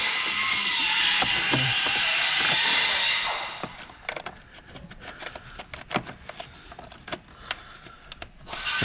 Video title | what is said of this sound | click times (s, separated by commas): Over 200+ HP Gains! E85 Flex Sensor Install on A90 Toyota Supra | all right you hear that they snap right back in put the line back in its holder put it back in its holder | 4.1 s, 7.5 s, 8.1 s